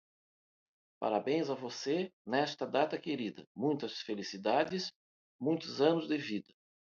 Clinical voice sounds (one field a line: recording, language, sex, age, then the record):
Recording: short text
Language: Brazilian Portuguese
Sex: male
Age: 60 to 69 years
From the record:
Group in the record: control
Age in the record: 60 years